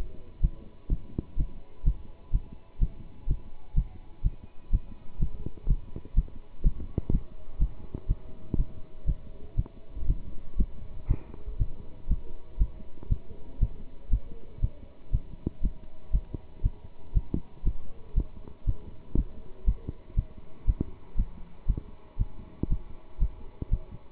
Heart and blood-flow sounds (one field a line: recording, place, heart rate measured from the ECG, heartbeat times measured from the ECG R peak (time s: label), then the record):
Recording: heart sounds by stethoscope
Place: between the tricuspid and mitral areas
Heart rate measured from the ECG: 121 bpm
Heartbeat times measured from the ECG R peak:
0.41 s: heartbeat
0.89 s: heartbeat
1.37 s: heartbeat
1.84 s: heartbeat
2.32 s: heartbeat
2.79 s: heartbeat
3.27 s: heartbeat
3.75 s: heartbeat
4.22 s: heartbeat
4.71 s: heartbeat
5.19 s: heartbeat
5.67 s: heartbeat
6.15 s: heartbeat
6.63 s: heartbeat
7.11 s: heartbeat
7.59 s: heartbeat
8.07 s: heartbeat
8.56 s: heartbeat
9.05 s: heartbeat
9.56 s: heartbeat
10.06 s: heartbeat
10.56 s: heartbeat
11.07 s: heartbeat
11.58 s: heartbeat
12.08 s: heartbeat
12.58 s: heartbeat
13.09 s: heartbeat
13.59 s: heartbeat
14.10 s: heartbeat
14.61 s: heartbeat
15.11 s: heartbeat
15.61 s: heartbeat
16.11 s: heartbeat
16.62 s: heartbeat
17.13 s: heartbeat
17.63 s: heartbeat
18.14 s: heartbeat
18.65 s: heartbeat
19.15 s: heartbeat
19.65 s: heartbeat
20.15 s: heartbeat
20.66 s: heartbeat
21.16 s: heartbeat
21.66 s: heartbeat
22.17 s: heartbeat
22.68 s: heartbeat
23.19 s: heartbeat
23.70 s: heartbeat
From the record:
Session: pedaling a stationary bicycle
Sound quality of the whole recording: good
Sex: male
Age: 27 years